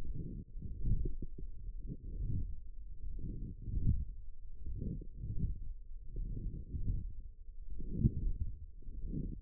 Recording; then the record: forearm muscle sounds (acoustic myography)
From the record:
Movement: wrist extension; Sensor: system 1, eight BSWA MPA416 microphones around the upper forearm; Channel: 7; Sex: female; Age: 20 years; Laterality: right